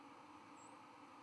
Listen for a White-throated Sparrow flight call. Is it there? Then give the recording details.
no. Another species' flight call is heard. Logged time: 00:11 on 12 November 2014